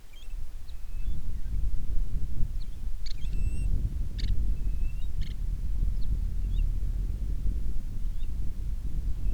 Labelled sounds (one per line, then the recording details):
bird
wind
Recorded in the Prudhoe Bay oil fields, Alaska, on 10 July 2019 at 09:24
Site 11